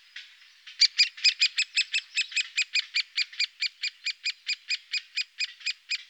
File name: great spotted woodpecker